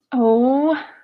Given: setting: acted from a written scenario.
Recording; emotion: vocal sound without words; distress